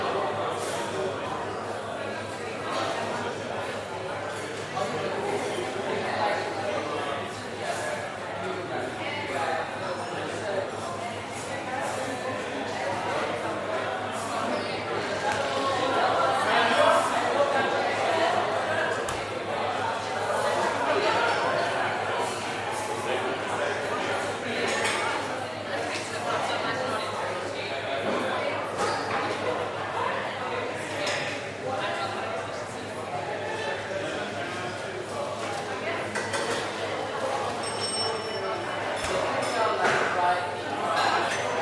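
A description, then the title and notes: Busy cafe chatter: many overlapping voices form a dense, steady murmur that swells slightly around the middle and again near the end. Occasional short clinks and taps of dishes cut through, with a few faint high pings late on. Cafe Chatting Sounds. The pleasant sounds of a busy cafe.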